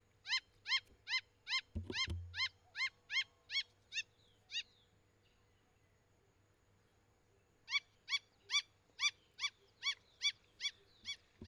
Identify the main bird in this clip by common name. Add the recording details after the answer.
Wattled Lapwing. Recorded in northern Uganda